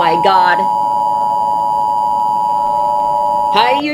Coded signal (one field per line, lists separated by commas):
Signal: Emergency Alert System (SAME) tones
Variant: 853 and 960 Hz attention tone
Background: speech